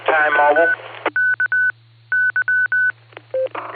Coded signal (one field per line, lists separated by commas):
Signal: Morse code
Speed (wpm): 19 wpm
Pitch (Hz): 1500 Hz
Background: speech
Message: WKY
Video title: Barometer Net sponsored by Silvercreek Amateur Radio Assoc. 147.39+ repeater 114.8 PL 7AM, 8-3-25